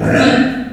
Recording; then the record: squeal of a Yucatan mini pig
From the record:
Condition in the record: after surgery on the right vocal fold (resection and tissue-engineered implant); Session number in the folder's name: 4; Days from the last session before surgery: 26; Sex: female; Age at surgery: 19 weeks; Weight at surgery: 25 kg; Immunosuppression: prednisolone